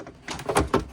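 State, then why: Seated. A plastic water curtain, already hung on one side, is flexed and popped onto its evaporator mounts in a Koolaire ice machine. A few soft plastic knocks and scrapes build into louder rattles around 0.5 and 0.6 s, then a sharp pop at 0.7 s as the curtain snaps into place. The curtain ends up seated on its mounts.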